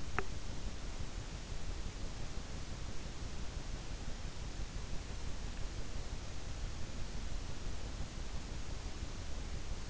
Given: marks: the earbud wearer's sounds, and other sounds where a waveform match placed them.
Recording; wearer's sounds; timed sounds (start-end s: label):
sounds in sleep by an in-ear microphone; teeth grinding
0.00-0.38 s: teeth grinding